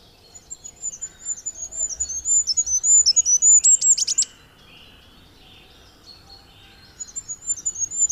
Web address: agykontroll Madardalok Cd 1. Sárgafejű királyka